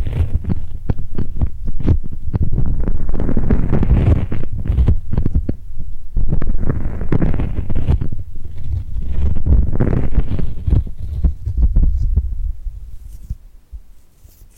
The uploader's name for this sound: Tingly Glued Hand Sounds